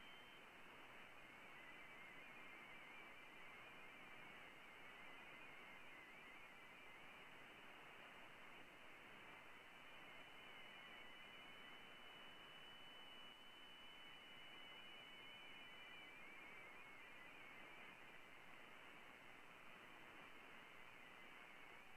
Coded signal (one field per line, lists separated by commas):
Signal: multi-tone FSK (Olivia or MFSK type)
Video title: Eavesdropping on Olivia (2017 Nov 18)